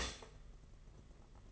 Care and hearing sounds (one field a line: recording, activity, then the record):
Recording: daily activity, microphone in the room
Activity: stop toaster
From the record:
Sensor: 4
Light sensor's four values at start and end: 18/64/23/24 and 18/64/23/24